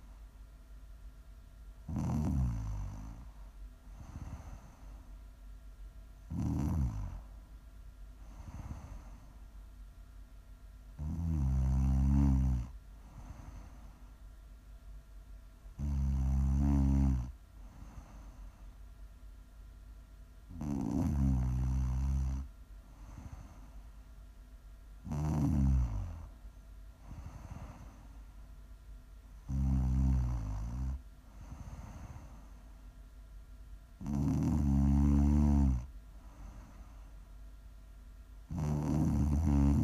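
Loud, rumbling snores come in regular bursts about every four to five seconds, each a low rattling breath with quieter hiss between.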